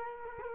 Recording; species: mosquito wingbeat signal from an infrared sensor; Culex quinquefasciatus